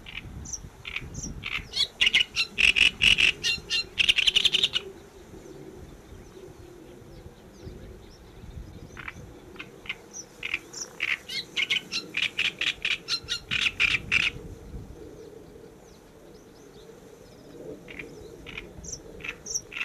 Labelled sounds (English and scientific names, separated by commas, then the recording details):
Great Reed Warbler (Acrocephalus arundinaceus) song
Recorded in the wild
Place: Anhauser Weiher, DE
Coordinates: 48.8458, 10.6578
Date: 1969-06-22
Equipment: Uher Report 4000, AKG D190
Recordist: Krey, Winfried